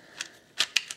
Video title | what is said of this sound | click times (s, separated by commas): Lego Single-Shot Sniper - Showcase | and the next one is popped into place, and I can load it back in just like that. | 0.8 s